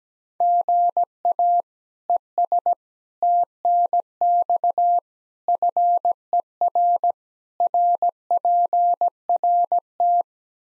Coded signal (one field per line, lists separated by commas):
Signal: Morse code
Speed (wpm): 17 wpm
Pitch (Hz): 700 Hz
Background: none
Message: GA ES TNX FER RPRT